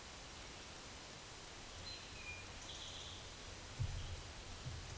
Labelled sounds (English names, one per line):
Eastern Towhee song